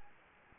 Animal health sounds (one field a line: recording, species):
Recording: mosquito wingbeat signal from an infrared sensor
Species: Anopheles gambiae